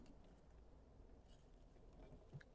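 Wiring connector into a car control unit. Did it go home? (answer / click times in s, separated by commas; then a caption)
no / none. A wiring connector is pushed by hand onto a control unit tucked in an awkward spot in a Peugeot 3008, with faint handling noises over a low, steady rumble. The connector has not seated or clicked in yet.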